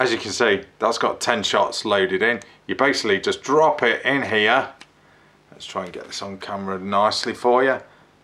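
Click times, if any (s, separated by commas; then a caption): none. A loaded 10-shot plastic magazine is handled at the magazine housing of a Gamo Maxxim Replay break-barrel air rifle while someone talks throughout. Nothing has seated or clicked yet; the clip ends just before the magazine goes home.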